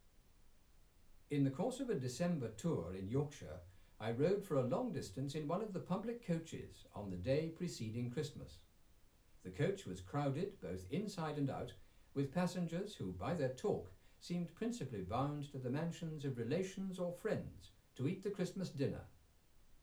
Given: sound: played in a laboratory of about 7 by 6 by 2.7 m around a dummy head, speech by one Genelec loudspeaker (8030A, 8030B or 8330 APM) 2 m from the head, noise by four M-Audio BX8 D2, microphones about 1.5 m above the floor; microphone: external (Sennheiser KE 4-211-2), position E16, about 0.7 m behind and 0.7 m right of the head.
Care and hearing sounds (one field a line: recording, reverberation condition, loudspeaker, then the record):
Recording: male speech in English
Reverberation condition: low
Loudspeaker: 30 degrees to the right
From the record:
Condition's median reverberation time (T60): about 310 ms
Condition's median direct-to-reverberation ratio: about 3.5 dB